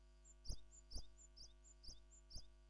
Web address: Parus minor song